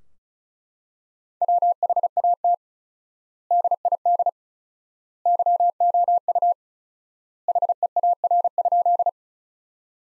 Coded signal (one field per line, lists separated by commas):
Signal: Morse code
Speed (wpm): 36 wpm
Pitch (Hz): 700 Hz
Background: none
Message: WHAT DID YOU HEAR?